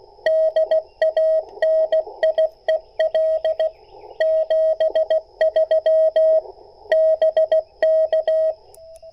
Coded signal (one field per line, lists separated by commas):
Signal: Morse code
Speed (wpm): 17 wpm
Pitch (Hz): 640 Hz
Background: radio noise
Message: DANIEL 73 BK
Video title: #POTA Spring 2024 Support Your Parks CW Activation and CaHRtenna Poseidon review